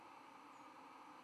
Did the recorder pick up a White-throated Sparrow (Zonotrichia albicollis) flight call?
no